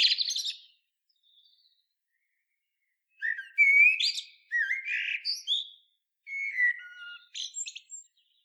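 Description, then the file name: Common blackbird song: a short squeaky note, then three warbling phrases of mellow whistles mixed with thin, high squeaky notes. "Turdus merula"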